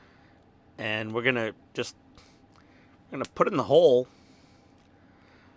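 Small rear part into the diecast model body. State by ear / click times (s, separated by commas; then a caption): not seated / none. Someone talks while a small rear part of an Agora Models 1/8 scale diecast James Bond 007 Lotus Submarine "Wet Nellie" model (Pack 11 build) is handled over its mounting hole in the body, little holes up and Z-shaped slot down. Only faint, brief handling sounds are heard around 2.2 and 2.6 seconds. Nothing has seated or clicked yet.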